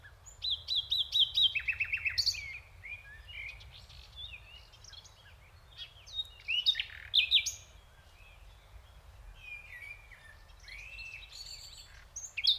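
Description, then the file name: Common nightingale song beginning with a fast series of repeated piping notes, then assorted chirps, slurs and sweeping whistles in irregular phrases. "Luscinia megarhynchos"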